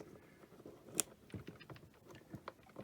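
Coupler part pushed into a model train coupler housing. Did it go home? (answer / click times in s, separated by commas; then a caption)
yes / 1.0 s. A part of a Lionel electro-coupler on a model train is pushed down into the coupler housing during a repair. Amid soft scraping and handling noises, one sharp, loud click at 1.0 s marks the part seating into place, followed by quieter taps.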